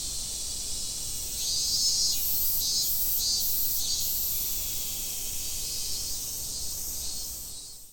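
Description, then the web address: Shrill cicada drone, steady throughout with a run of pulsing surges in the middle seconds, fading out at the very end. Recorded at Fukushima on 30 July 2015. "nagahata fukudai 150730 cicadda"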